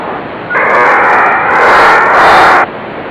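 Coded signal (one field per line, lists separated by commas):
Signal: HF data modem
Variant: HFDL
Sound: a two-second burst of wide, even hiss starting and stopping abruptly, brief buzzy start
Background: radio static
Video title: Decoding HFDL with PC-HFDL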